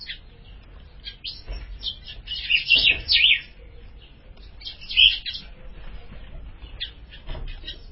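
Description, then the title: Ultramarine grosbeak delivering warbled, slurred phrases: a loud run around three seconds, a sharp bright note at five, with softer chirps between. "Azulao"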